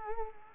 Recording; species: mosquito wingbeat signal from an infrared sensor; Culex quinquefasciatus